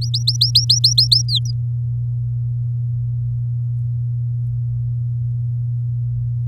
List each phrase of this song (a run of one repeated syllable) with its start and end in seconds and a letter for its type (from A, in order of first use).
0.01-1.22 A, 1.28-1.51 B